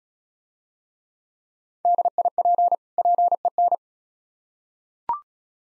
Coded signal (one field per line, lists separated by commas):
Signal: Morse code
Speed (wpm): 34 wpm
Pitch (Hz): 700 Hz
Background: none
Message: DIP PEN